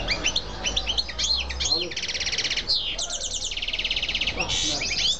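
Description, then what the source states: Canary song opening with scattered sweeping chirps, then long rattling trills and buzzy rolls in quick succession. Female bird.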